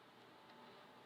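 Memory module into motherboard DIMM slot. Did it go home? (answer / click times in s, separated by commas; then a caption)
no / none. A memory module is handled and pressed with moderate force into a motherboard DIMM slot, making faint, light ticking and rustling handling noise. Nothing has seated or clicked yet.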